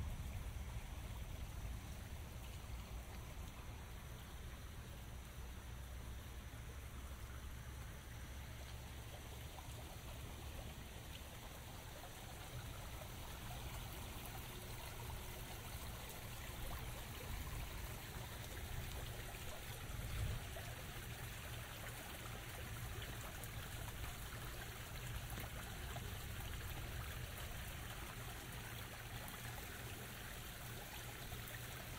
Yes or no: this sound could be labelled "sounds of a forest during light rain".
yes